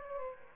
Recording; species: mosquito wingbeat signal from an infrared sensor; Aedes aegypti